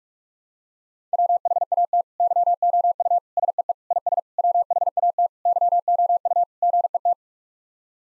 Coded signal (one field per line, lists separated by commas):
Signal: Morse code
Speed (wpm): 46 wpm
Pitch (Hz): 700 Hz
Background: none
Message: WHAT YOU SEE IS WHAT YOU GET